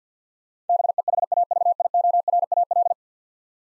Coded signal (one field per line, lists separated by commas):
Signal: Morse code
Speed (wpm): 50 wpm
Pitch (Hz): 700 Hz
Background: none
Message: BEHAVIORAL